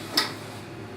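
A metal ball-bearing drawer slide is pushed into its mating slide on the cabinet and clicks into place at 0.2 s with a short, sharp bright tick. It rises well above a quiet, steady background, then fades quickly. The slide is seated, and no one talks.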